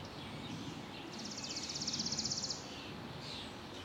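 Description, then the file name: Chipping Sparrow trill, a rapid run of identical dry chips held at one pitch for about a second and a half, against a constant low background hum. Early summer evening. "freesound Early Summer Evening Kids Playing Chipping Sparrows"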